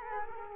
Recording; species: mosquito wingbeat signal from an infrared sensor; Culex quinquefasciatus